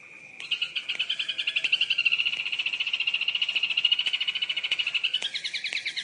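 Yellow-vented bulbul chattering: a fast, steady run of buzzy notes held for several seconds after a brief opening tone.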